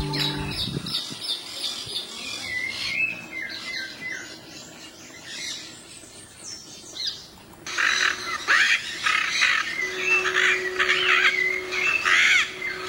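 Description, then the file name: Yellow-collared macaw producing varied harsh squawks and chattering notes, quieter at first, then a loud run of grating screeches. "canto da maracana de colar"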